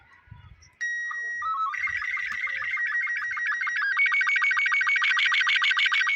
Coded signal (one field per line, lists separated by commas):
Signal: SSTV (slow-scan television)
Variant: Robot 36